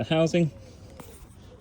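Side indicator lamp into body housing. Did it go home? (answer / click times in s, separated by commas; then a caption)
yes / 1.0 s. A wired side indicator lamp, fitted in place of a reflector on a Jeep Renegade, is pushed back into its plastic housing on the car body. Someone talks briefly, then a short, sharp click is heard at 1.0 s as the lamp seats in the housing.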